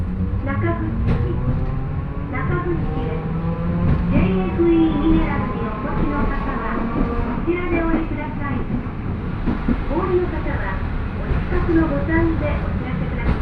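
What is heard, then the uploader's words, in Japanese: A train with suspension-mounted traction motors growls loudly throughout, a steady heavy rumble with whining tones that rise and fall as it runs. Faint voices and brief clanks come through now and then, and the sound never drops away over the thirteen seconds. 万葉線 高岡駅→越ノ潟。電車は吊りかけモーターなので中々の唸りをあげています。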